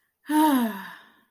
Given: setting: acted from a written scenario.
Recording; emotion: vocal sound without words; serenity